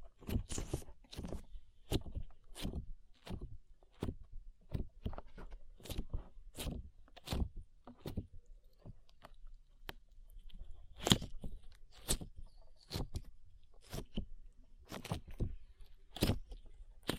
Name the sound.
ASMR SLIME